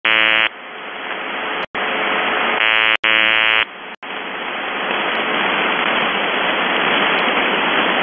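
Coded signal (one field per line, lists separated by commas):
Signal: channel marker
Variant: UVB-76 (The Buzzer)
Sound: hissing shortwave noise broken by two harsh one-second buzzes and brief dropouts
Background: radio static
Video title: The Buzzer/UVB-76(4625Khz) December 2, 2021 17:08UTC Voice message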